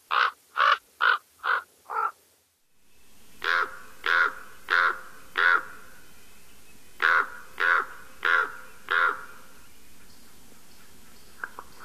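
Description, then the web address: Common Raven giving hoarse, even croaks: a quick run of five, a short silent gap, then two groups of four evenly spaced croaks. "Songs of Birds of North America Stokes. Common Raven"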